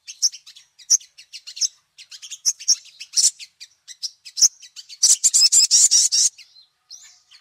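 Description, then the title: Little spiderhunter song: scattered high chips, then a loud, buzzy rapid trill for just over a second before a few faint notes. Labaik song variety; recording used as a tutor to teach songbirds. "Masteran Burung Sogok Ontong Labaik"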